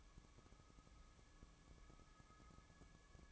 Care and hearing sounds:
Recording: daily activity, microphone in the room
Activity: take from stove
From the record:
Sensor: 1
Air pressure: 1008.1 hPa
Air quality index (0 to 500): 132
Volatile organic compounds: 2 ppm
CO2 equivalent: 1108 ppm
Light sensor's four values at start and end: 7/17/7/7 and 7/18/7/7

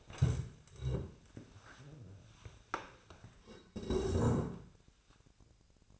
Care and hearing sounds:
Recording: daily activity, microphone in the room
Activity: stand up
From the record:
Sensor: 2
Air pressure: 1000.3 hPa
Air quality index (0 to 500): 166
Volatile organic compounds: 3 ppm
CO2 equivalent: 1382 ppm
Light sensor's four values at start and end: 8/19/8/9 and 9/18/8/9

